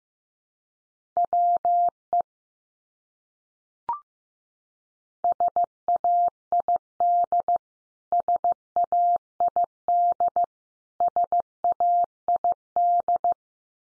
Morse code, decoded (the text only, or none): WE SAID SAID SAID